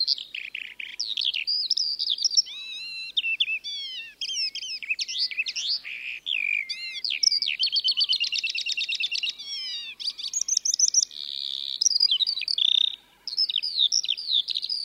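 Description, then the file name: Eurasian skylark song: a continuous, high, rapid warble of chirps, trills and slurred whistles, changing phrase constantly without pause. "skylark song normal"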